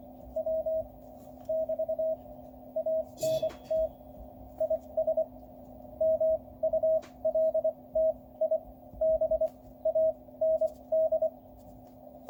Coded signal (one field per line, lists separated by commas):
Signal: Morse code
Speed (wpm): 25 wpm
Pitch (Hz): 640 Hz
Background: radio noise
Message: W <BT> ANT IS MULTI BAND